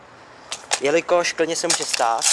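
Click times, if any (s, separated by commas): 0.5 s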